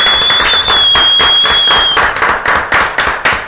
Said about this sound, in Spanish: y así, de esta manera, de esta forma y en este preciso instante, con un fuerte aplauso recibimos a los chicos de … que ya están acá con nosotros.